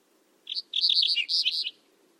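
Bird chirping, a short burst of high, quick notes followed by a run of bright twittering chirps lasting about a second, then quiet.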